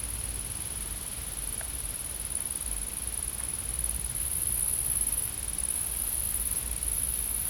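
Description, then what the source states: Insect buzzing, a continuous high-pitched trill that swells slightly louder in the second half, over a soft low-frequency rumble. Insects recorded in a field.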